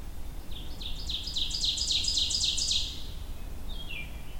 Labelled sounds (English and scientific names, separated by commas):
Ovenbird (Seiurus aurocapilla) song